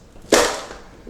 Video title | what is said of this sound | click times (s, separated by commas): Pride Mobility GO GO S19 Folding Scooter FULL REVIEW | and pull back on this at the same time and you'll hear that click like this | 0.3 s